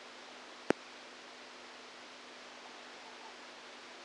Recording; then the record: brain microelectrode recording played as sound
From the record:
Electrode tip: outside the subthalamic nucleus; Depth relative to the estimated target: -8 mm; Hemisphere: right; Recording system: NeuroSet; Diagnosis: Parkinson's disease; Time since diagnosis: 8 years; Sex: male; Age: 46 years